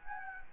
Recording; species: mosquito wingbeat signal from an infrared sensor; Anopheles gambiae